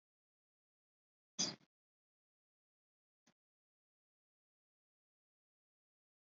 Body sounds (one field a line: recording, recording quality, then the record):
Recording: shallow breathing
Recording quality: moderate, slight background noise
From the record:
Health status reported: recovered from COVID-19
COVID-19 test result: negative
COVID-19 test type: RT-PCR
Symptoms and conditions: cough, cold, sore throat, fever, fatigue, muscle pain, loss of smell and taste, diarrhoea, asthma, diabetes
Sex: female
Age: 32 years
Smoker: no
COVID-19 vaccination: both doses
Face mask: worn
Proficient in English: yes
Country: India